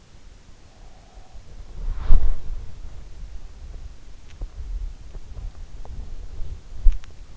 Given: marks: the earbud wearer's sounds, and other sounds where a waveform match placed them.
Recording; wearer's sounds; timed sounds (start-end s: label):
sounds in sleep by an in-ear microphone; breath, body movement, teeth grinding
0.61-1.62 s: breath
1.62-2.65 s: body movement
3.43-7.37 s: teeth grinding